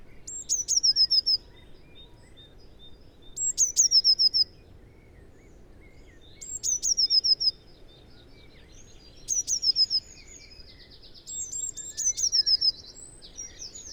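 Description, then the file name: Eurasian blue tit delivering several high-pitched phrases, each of thin notes and a short rapid trill, about every three seconds. "Cyanistes caeruleus"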